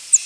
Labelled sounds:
Northern Parula (Setophaga americana) flight call

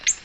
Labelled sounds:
Ovenbird (Seiurus aurocapilla) flight call

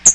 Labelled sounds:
Hooded Warbler (Setophaga citrina) flight call

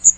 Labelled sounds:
Magnolia Warbler (Setophaga magnolia) flight call

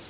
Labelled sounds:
Magnolia Warbler (Setophaga magnolia) flight call

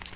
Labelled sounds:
American Redstart (Setophaga ruticilla) flight call

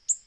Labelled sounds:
Black-throated Green Warbler (Setophaga virens) flight call

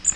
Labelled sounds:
Magnolia Warbler (Setophaga magnolia) flight call

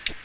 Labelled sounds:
Ovenbird (Seiurus aurocapilla) flight call

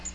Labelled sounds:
Magnolia Warbler (Setophaga magnolia) flight call

